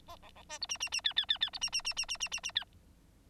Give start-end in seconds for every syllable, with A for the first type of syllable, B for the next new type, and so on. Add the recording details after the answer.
0.08-0.16 A, 0.22-0.30 B, 0.35-0.43 B, 0.49-0.58 C, 0.61-0.67 D, 0.69-0.78 E, 0.80-0.89 E, 0.92-1.01 E, 1.04-1.13 F, 1.16-1.26 F, 1.28-1.38 F, 1.41-1.50 F, 1.53-1.59 D, 1.61-1.70 E, 1.72-1.82 E, 1.84-1.94 E, 1.96-2.06 E, 2.08-2.17 E, 2.20-2.29 E, 2.31-2.40 E, 2.43-2.52 E, 2.55-2.64 F. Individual Bird9